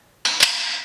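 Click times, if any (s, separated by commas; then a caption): 0.4 s. On a Keppi 6000 weight bench, the spring-loaded pop pin on the bench adjustment is pulled, the section is lifted, and the pin is released so its strong spring drives it into the adjustment slot. A bright, broadband rush starts at 0.25 s, followed by a sharp metallic snap at 0.4 s that rings on and fades toward the end of the clip. The pin is confirmed seated in the adjustment hole.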